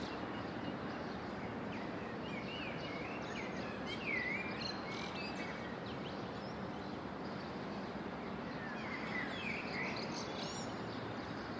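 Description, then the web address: Birds chirping: scattered short rising and falling chirps and twitters, partly masked by a constant low rumble of traffic-like noise. Morning birds in a residential setting. "Lynne Music. Residential Morning Birds"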